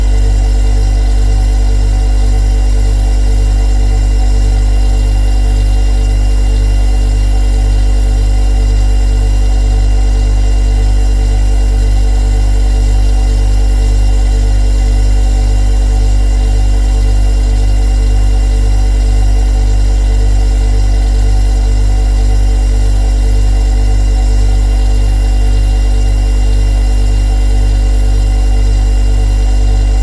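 A refrigerator hums steadily, a deep constant drone with faint higher tones layered above, unchanging throughout with no distinct events.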